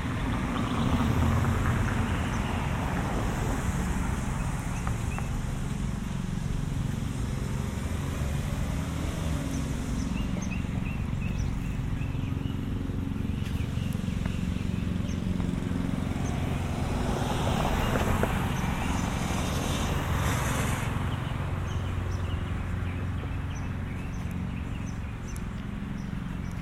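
A walk through lower Westchester suburbs, with a steady low rumble of traffic running throughout. Brief chirps of birds come and go above it, and faint voices drift in. A louder swell, like a passing vehicle, builds around eighteen to twenty-one seconds.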